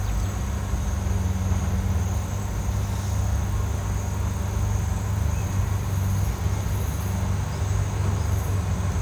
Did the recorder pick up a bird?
no